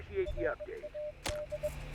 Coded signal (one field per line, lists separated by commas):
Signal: Morse code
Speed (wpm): 21 wpm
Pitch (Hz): 600 Hz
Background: speech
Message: RAD